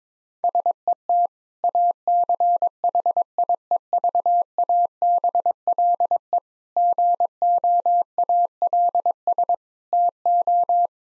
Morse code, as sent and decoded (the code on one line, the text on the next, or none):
... . - / .- -.-. .... .. . ...- .- -... .-.. . / --. --- .- .-.. ... / - ---
SET ACHIEVABLE GOALS TO